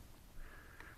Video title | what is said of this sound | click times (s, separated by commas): Komkaer USB C 9-in-1 Hub "Unboxing," usage and impressions | go in upside down no they don't yes they do snaps right into place | 0.8 s